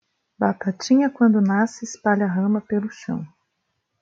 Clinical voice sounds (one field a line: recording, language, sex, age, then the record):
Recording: short text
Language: Brazilian Portuguese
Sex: female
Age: 30 to 39 years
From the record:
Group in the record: control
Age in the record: 36 years